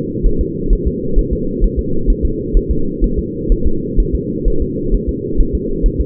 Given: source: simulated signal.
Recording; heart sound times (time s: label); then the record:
fetal heart sounds
0.26 s: S1
0.41 s: S2
0.73 s: S1
0.88 s: S2
1.19 s: S1
1.33 s: S2
1.64 s: S1
1.79 s: S2
2.10 s: S1
2.25 s: S2
2.57 s: S1
2.71 s: S2
3.04 s: S1
3.19 s: S2
3.52 s: S1
3.67 s: S2
4.00 s: S1
4.15 s: S2
4.48 s: S1
4.62 s: S2
4.94 s: S1
5.09 s: S2
5.41 s: S1
5.55 s: S2
5.86 s: S1
6.00 s: S2
From the record:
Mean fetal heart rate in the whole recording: 130 bpm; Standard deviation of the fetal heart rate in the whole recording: 4 bpm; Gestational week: 38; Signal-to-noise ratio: -8.1 dB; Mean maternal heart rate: 72 bpm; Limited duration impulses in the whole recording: absent